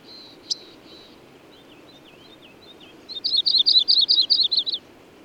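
Bird song: soft high notes, then a loud, fast burst of many buzzy, chirping notes lasting under two seconds, over a quiet rustling background.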